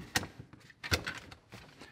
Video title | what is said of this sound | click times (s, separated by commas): The OWLTRA Snap Trap - Effective New Design. Mousetrap Monday | and there's no arm to pull over and set in the trigger instead it just snaps in place just like this | 0.2 s